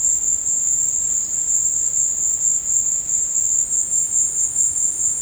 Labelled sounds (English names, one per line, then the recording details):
none
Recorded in dense forest near Puerto Asís, Putumayo, Colombia, on 22 December 2024 at 14:30
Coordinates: 0.481, -76.323
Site G100